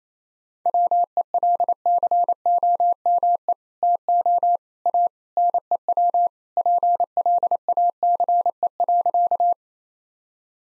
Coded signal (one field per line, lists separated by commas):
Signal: Morse code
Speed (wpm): 28 wpm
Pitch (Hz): 700 Hz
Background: none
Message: WELCOME TO A NEW PLACE.